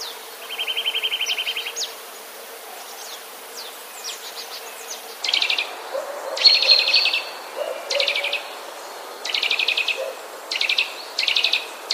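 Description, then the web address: Eurasian nuthatch song: a quick, level trill opens, followed by short harsh buzzy bursts repeated every second or so, with scattered thin ticks. "wroblowe kolekcja kowalik"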